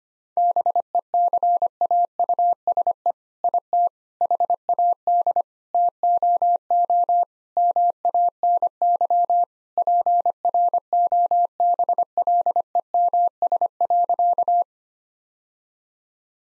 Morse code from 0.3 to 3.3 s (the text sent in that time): BECAUSE